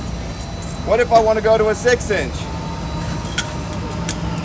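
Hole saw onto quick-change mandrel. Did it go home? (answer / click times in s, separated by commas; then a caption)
yes / 3.4 s, 4.1 s. Someone talks while a 6 in hole saw is pushed onto a quick-change mandrel arbor. Two sharp, short hits sound at 3.4 s and 4.1 s as the saw pops into place. It is seated and ready to go.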